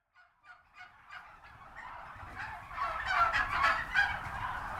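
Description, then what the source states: Turkeys gobbling, starting with a few sparse calls and swelling into a dense, overlapping chorus of rapid warbling gobbles. Recorded at a turkey farm.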